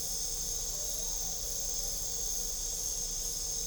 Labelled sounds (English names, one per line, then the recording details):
none
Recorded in pastures near Puerto Asís, Putumayo, Colombia, on 26 December 2024 at 22:30
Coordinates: 0.497, -76.327
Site G088